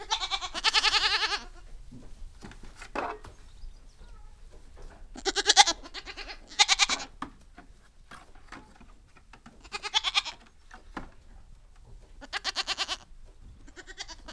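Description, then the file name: Goat kids giving repeated tremulous bleats, several loud calls spaced a few seconds apart, with soft shuffling and clicks in between. Kids (young goats) in a stable at Vernoux-en-Vivarais, Ardèche. "Chevreaux-a-letable-Vernoux-en-Vivarais-Ambiances-Sonores-d Ardeche-Studio-Les-Trois-Becs"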